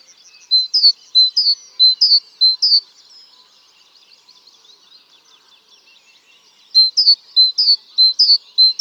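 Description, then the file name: Great tit song in two bursts of repeated high two-note phrases, separated by a few seconds of faint, scratchy twittering before the bird resumes the same rhythmic pattern. "Parus major"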